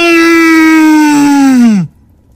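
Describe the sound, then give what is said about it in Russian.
A single loud, drawn-out human groan of pain, held at a steady pitch for nearly two seconds before sagging downward and breaking off into silence. “Вот тогда и раздался стон.”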